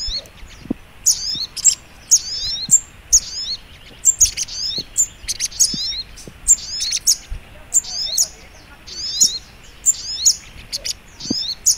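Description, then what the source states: Little Spiderhunter delivering high, thin twitters and sharp chips in rapid bursts, continuing without pause over a quiet background. Training recording (masteran).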